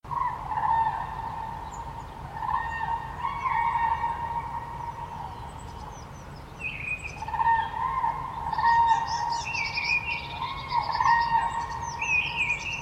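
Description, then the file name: Common crane bugling: drawn-out trumpeting calls repeated throughout, with higher twittering from small birds, mostly in the later part, and a low background hum. "trana"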